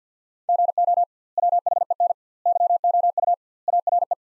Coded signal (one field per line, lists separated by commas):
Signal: Morse code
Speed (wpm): 50 wpm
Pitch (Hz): 700 Hz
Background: none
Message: GO WHEN YOU ARE